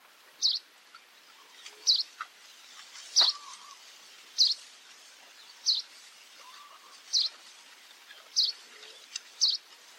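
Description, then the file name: Ashy-bellied white-eye repeating a short high sharp note roughly every one to one and a half seconds, with soft lower whistles behind. Papua New Guinea. "Zost Citr"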